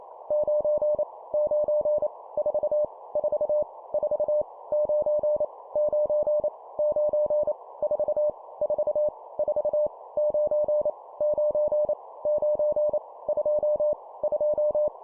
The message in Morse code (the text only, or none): 9 9 4 4 4 9 9 9 4 4 4 9 9 9 2 2